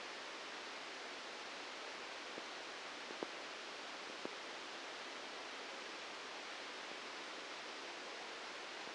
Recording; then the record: brain microelectrode recording played as sound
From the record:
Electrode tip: outside the subthalamic nucleus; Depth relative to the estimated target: 3 mm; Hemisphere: right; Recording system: NeuroSet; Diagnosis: Parkinson's disease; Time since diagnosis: 8 years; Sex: male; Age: 59 years